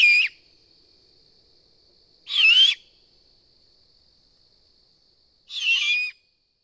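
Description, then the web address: Great horned owl making three rough, wheezy screeches spaced a few seconds apart, each short and hoarse, with quiet between. "Songs of Birds of North America Know Your Bird Sounds Common Western Species. Great Horned Owl"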